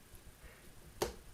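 A screw is turned backwards into the plastic housing of a RUYIKA 21V 460Nm cordless impact wrench, with only faint handling noise at first. At 1.0 s a single sharp click sounds as the screw drops into the existing thread start, showing it has seated before being tightened forward.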